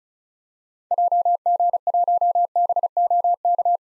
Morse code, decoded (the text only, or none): JG1BOK